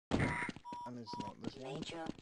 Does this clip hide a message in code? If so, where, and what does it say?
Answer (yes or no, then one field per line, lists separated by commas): no